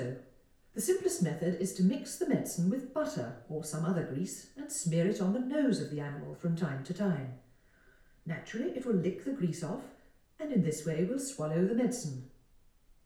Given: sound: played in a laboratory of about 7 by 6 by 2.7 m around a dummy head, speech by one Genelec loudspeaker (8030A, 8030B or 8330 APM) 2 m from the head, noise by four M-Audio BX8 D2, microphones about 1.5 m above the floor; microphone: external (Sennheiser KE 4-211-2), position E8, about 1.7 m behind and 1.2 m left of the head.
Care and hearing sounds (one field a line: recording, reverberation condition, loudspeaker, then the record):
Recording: female speech in English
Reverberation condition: medium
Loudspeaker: 60 degrees to the right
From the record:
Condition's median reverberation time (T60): about 510 ms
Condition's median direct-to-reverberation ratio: about -0.5 dB